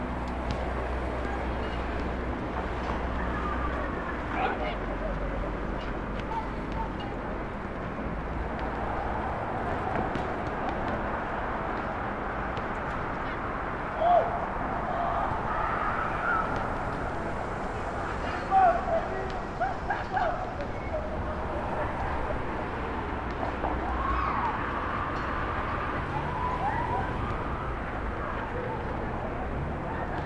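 Rooftop city ambience over Starr Street in Brooklyn: steady low traffic rumble, faint voices, and brief sharp knocks near fourteen and nineteen seconds.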